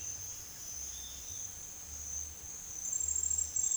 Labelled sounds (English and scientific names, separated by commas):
none